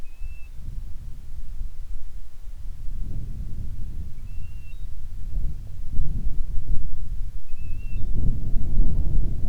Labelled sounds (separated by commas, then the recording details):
bird, wind
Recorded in the Prudhoe Bay oil fields, Alaska, on 25 July 2019 at 02:13
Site 11